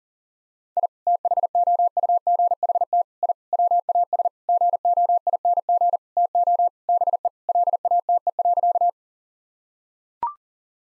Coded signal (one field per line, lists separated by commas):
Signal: Morse code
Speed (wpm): 40 wpm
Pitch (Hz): 700 Hz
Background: none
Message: I THOUGHT I WAS GOING TO BE LATE.